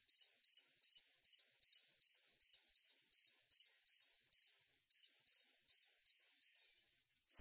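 Cricket chirping: short high pulsed chirps repeated steadily about two and a half times per second, with short pauses in the second half.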